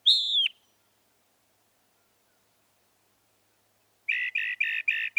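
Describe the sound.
Northern mockingbird song: one loud downslurred whistle, a silent pause of several seconds, then a quick string of five buzzy repeated notes.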